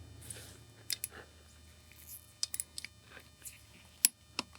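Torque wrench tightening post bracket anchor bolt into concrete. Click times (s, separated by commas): 4.1 s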